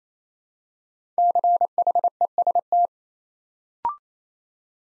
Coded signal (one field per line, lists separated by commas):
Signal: Morse code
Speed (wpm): 27 wpm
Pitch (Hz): 700 Hz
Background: none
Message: CHEST